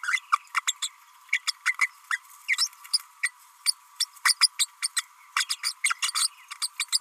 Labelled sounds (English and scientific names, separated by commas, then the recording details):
Green-rumped Parrotlet (Forpus passerinus) babbling
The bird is a female
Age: 31 days
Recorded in a nest box in Venezuela
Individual 17B32A5